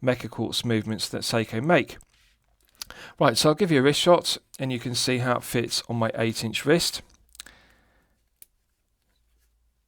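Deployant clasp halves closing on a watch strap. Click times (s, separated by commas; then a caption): 7.4 s, 8.4 s. Someone talks while fitting a watch on an eight-inch wrist, then a few faint clicks follow as the two halves of the metal deployant clasp on the leather strap are closed. The clasp snaps shut with a positive click at about 7.4 s and 8.4 s, seated.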